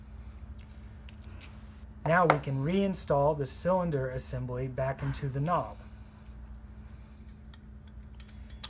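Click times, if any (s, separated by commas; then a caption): 8.6 s. Someone talks while a spring-loaded lock cylinder assembly is reinstalled into the knob of a Weslock 200 series knob keylock during re-keying, with small handling clicks before and after the talk. The cylinder assembly pops into the door knob and seats with a sharp click at 8.6 seconds.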